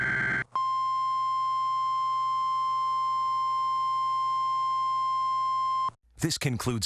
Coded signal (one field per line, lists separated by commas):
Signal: Emergency Alert System (SAME) tones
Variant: 1050 Hz attention tone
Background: speech